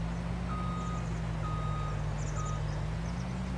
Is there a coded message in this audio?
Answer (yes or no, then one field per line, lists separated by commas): no